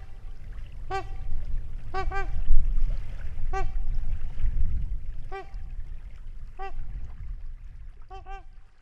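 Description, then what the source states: Trumpeter swan trumpet calls: loud honking notes, singly and in pairs, recurring every one to two seconds over a heavy low rumble. Trumpeting calls near a lake in Wisconsin in 2019.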